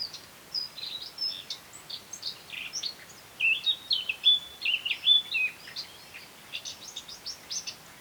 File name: Sylvia atricapilla